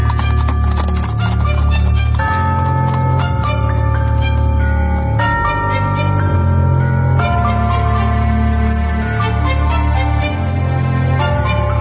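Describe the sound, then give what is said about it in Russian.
Horses pulling a covered carriage gallop off after the coachman whistles, with a steady, loud clatter of clip-clopping hooves, continuous throughout, while sustained ringing tones hover above the rhythmic pounding. “Слуга вскочил на облучок, ямщик свистнул, и лошади поскакали.”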